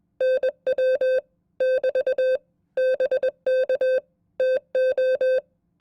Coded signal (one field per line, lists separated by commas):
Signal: Morse code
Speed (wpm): 21 wpm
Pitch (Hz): 520 Hz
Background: none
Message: NW <BT> BK TO